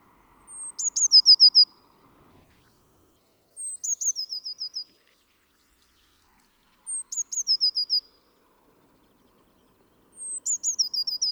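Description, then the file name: Eurasian blue tit repeating four short phrases roughly every three seconds: a high, thin lead-in note, then a rapid descending trill of clear tinkling notes. "Cyanistes caeruleus"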